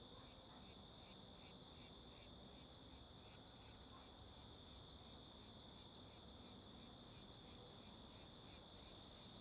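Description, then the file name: Crickets chirping: fast, regular pulsed trills stacked above a constant high whine, steady throughout, with wind rumbling low. Several crickets at Mirante da Antena, Alto Paraíso, with wind. "Ambiencia no Mirante da Antena de Alto Paraiso com Varios Grilos e Vento"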